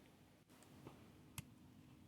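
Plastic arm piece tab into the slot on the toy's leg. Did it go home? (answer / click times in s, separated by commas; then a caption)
yes / 1.4 s. A small plastic arm piece on a Unique Toys UTR07 Dumber (Masterpiece Mudflap) transforming robot toy is hinged over and brought around so its tab goes into the slot on the toy's leg. Faint ticks at about 0.6 s and 0.9 s lead up to a sharp, bright click at 1.4 s as the tab locks into place and the arm is seated.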